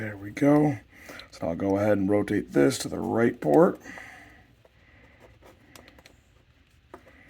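Someone talks for about the first four seconds while a part is rotated toward the right port, ready to slide into its latch slot. Quiet handling follows, with a few faint light ticks between about 5.8 and 6.9 seconds. Nothing has seated or clicked yet.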